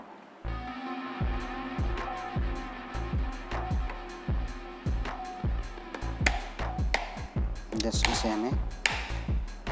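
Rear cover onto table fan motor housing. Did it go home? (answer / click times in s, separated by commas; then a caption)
yes / 8.9 s. The rear cover of a Crompton table fan's motor housing is pushed on by hand during a motor replacement, while someone talks over background music. Several smaller taps and knocks come before a sharp, loud click at 8.9 s as the cover seats and locks in place.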